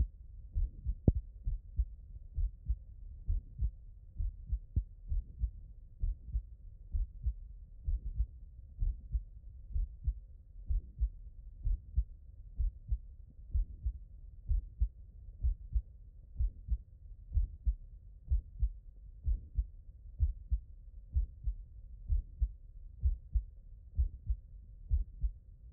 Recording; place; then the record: heart sounds by stethoscope; mitral valve (MV)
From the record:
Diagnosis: HFrEF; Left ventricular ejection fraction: 37%